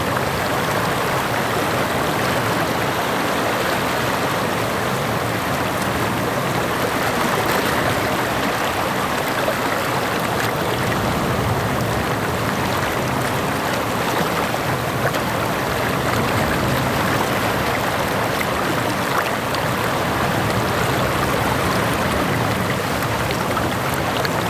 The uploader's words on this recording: Gentle Waves at Sunset. Gentle waves, lapping rhythmically against the shoreline.